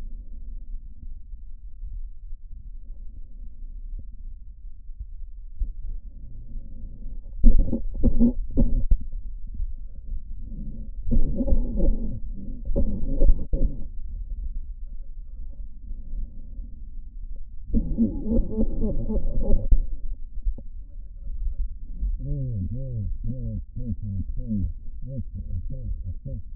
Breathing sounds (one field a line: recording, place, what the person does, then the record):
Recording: lung sounds by stethoscope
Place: left posterior apical chest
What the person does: quiet breathing, then cough and speech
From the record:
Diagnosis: pulmonary infection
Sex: male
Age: 74 years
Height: 171 cm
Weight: 80 kg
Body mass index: 27.4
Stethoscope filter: diaphragm mode